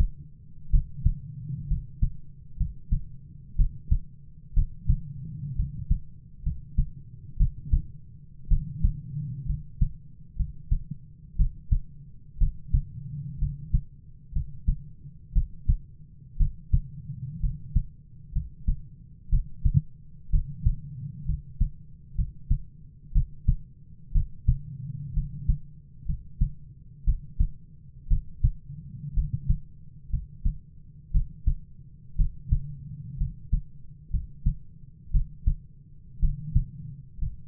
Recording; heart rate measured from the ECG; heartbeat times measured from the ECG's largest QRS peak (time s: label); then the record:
heart sounds by stethoscope; 61 bpm
0.70 s: heartbeat
1.67 s: heartbeat
2.56 s: heartbeat
3.56 s: heartbeat
4.53 s: heartbeat
5.55 s: heartbeat
6.42 s: heartbeat
7.36 s: heartbeat
8.48 s: heartbeat
9.45 s: heartbeat
10.36 s: heartbeat
11.36 s: heartbeat
12.38 s: heartbeat
13.38 s: heartbeat
14.32 s: heartbeat
15.32 s: heartbeat
16.37 s: heartbeat
17.39 s: heartbeat
18.32 s: heartbeat
19.29 s: heartbeat
20.30 s: heartbeat
21.25 s: heartbeat
22.14 s: heartbeat
23.12 s: heartbeat
24.11 s: heartbeat
25.13 s: heartbeat
26.05 s: heartbeat
27.04 s: heartbeat
28.07 s: heartbeat
29.13 s: heartbeat
30.09 s: heartbeat
31.11 s: heartbeat
32.15 s: heartbeat
33.17 s: heartbeat
34.10 s: heartbeat
35.10 s: heartbeat
36.19 s: heartbeat
37.18 s: heartbeat
From the record:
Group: healthy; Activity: cold pressor test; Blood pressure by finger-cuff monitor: 102/50 mmHg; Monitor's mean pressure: 62 mmHg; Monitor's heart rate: 61 bpm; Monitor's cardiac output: 7.4 L/min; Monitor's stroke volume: 122 mL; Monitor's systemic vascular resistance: 590 dyn s/cm5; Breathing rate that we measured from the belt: 15 breaths a minute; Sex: male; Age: 22 years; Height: 185 cm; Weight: 112.4 kg